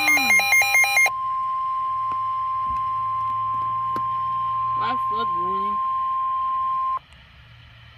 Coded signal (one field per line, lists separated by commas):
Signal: Emergency Alert System (SAME) tones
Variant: 1050 Hz attention tone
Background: speech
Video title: EAS #10 Flash Flood Warning